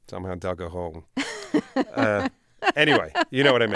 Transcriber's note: soundbite of laughter